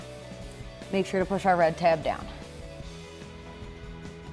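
A person handles the electrical connector on a black MSD Street Fire ignition coil pack on a 2011-2016 Ford F-150 5.0L, about to press its red plastic locking tab down. Someone talks over background music. Nothing has seated or clicked yet.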